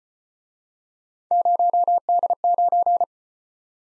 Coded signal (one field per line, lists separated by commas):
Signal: Morse code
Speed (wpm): 35 wpm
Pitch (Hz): 700 Hz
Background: none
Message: 0D9